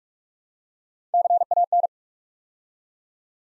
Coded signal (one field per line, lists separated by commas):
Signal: Morse code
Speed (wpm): 44 wpm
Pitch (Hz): 700 Hz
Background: none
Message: CAN